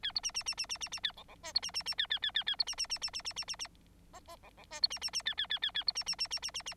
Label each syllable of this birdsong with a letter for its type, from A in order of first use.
A B C C C C C C C A D D E B C C C A A A A A B C C C C C C C C C F F D D E B C C C A A A A A B C C C C C C C